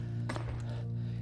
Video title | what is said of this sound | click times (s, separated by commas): ONECNA GT7 Assembly and Test -- Best Electric Scooter for the Price | It automatically locks into place. | 0.3 s, 0.4 s